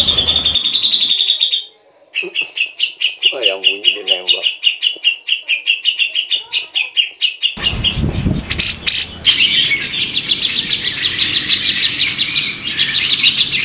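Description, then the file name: Grey-cheeked Bulbul: songbird chatter in quick, repeated bursts, abruptly cut in places, with a wavering whistled sound mid-way and a denser overlapping chorus later. Three birds in a simulated songbird contest. "audio simulasi lomba cucak jenggot trio omkicau"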